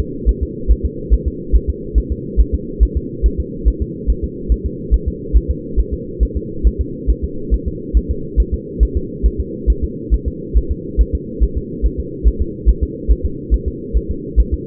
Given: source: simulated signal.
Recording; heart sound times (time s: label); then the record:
fetal heart sounds
0.00 s: S2
0.29 s: S1
0.43 s: S2
0.72 s: S1
0.86 s: S2
1.13 s: S1
1.28 s: S2
1.56 s: S1
1.70 s: S2
1.98 s: S1
2.12 s: S2
2.41 s: S1
2.55 s: S2
2.83 s: S1
2.97 s: S2
3.26 s: S1
3.40 s: S2
3.68 s: S1
3.82 s: S2
4.10 s: S1
4.24 s: S2
4.52 s: S1
4.66 s: S2
4.94 s: S1
5.08 s: S2
5.37 s: S1
5.51 s: S2
5.80 s: S1
5.94 s: S2
6.23 s: S1
6.37 s: S2
6.67 s: S1
6.81 s: S2
7.10 s: S1
7.24 s: S2
7.54 s: S1
7.68 s: S2
7.97 s: S1
8.11 s: S2
8.40 s: S1
8.54 s: S2
8.83 s: S1
8.97 s: S2
9.26 s: S1
9.40 s: S2
9.70 s: S1
9.84 s: S2
10.14 s: S1
10.28 s: S2
10.57 s: S1
10.71 s: S2
11.01 s: S1
11.15 s: S2
11.44 s: S1
11.57 s: S2
11.86 s: S1
12.00 s: S2
12.28 s: S1
12.42 s: S2
12.69 s: S1
12.83 s: S2
13.11 s: S1
13.25 s: S2
13.54 s: S1
13.68 s: S2
13.97 s: S1
14.11 s: S2
14.40 s: S1
14.54 s: S2
From the record:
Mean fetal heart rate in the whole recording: 140 bpm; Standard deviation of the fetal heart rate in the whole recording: 2 bpm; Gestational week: 34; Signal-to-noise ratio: -4.3 dB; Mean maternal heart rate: 72 bpm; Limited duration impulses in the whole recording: absent